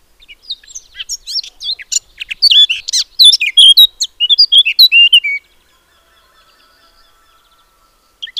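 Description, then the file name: Eurasian blackcap giving a fast, rich warble of varied high notes that builds in loudness for about five seconds, then near silence with one brief note at the end. "Sylvia atricapilla"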